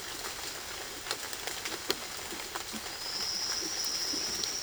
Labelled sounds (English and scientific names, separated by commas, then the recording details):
none
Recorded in secondary vegetation near Puerto Asís, Putumayo, Colombia, on 12 March 2025 at 08:30
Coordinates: 0.488, -76.319
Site G095